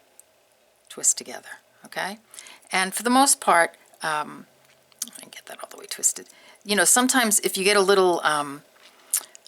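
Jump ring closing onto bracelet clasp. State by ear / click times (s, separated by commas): seated / 9.1 s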